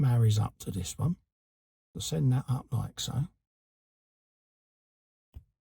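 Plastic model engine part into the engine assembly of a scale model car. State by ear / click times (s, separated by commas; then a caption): not seated / none. Someone talks while lining up plastic engine part 11e of a 1:8 scale 1966 Fanhome Batmobile model by its semicircle and pushing it up underneath the mating part of the engine assembly. After a pause there is a brief, faint sound at about 5.3 s. Nothing has seated or clicked yet.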